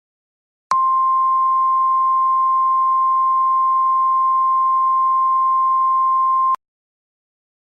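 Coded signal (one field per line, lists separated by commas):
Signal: Emergency Alert System (SAME) tones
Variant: 1050 Hz attention tone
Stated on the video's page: Fictional EAS scenario, not a real alert.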